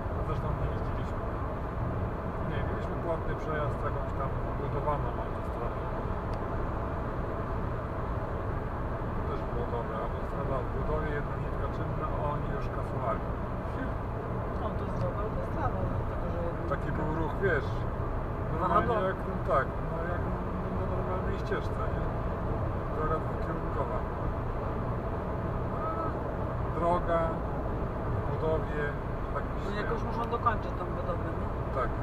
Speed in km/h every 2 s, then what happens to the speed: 105, 106, 106, 106, 105, 105, 105, 106, 106, 106, 106, 105, 105, 105, 105, 106.
0-32 steady at about 105.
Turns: none.